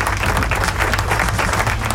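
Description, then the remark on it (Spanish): Audience applause for a band fills the moment, a dense, steady wash of many hands clapping at a constant loudness for about two seconds, with no voices standing out. “¡Aplauso!”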